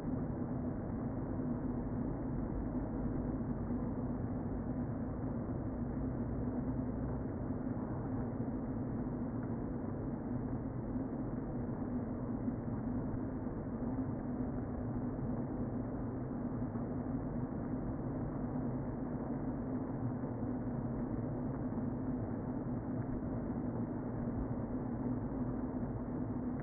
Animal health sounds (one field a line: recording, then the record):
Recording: honeybee colony, microphone inside the hive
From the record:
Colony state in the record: queen present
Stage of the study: before two queens were removed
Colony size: about 60,000 bees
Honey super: yes